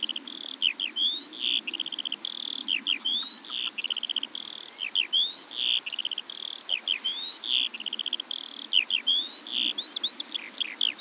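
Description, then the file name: Eurasian skylark song, high and rapid, mixing buzzy trilled bursts with slurred chirps in a long, unbroken outpouring. Eastern Europe. "Stimmen der Natur aus Osteuropa - Feldlerche"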